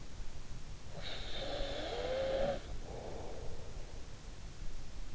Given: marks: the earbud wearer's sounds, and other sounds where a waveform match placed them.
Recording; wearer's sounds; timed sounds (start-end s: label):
sounds in sleep by an in-ear microphone; snoring breath
0.88-4.07 s: snoring breath